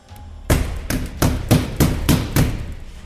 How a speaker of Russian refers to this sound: Удары были такой силы, что стекло в двери задребезжало, готовое вылететь из рамы. Казалось, кто-то бьет кулаком со всего размаха.